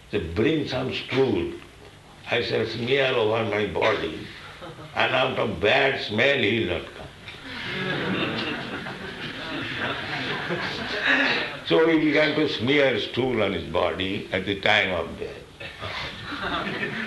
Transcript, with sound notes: "So bring some stool. I shall smear over my body, and out of bad smell, he'll not come." [laughter] So he began to smear stool on his body at the time of death.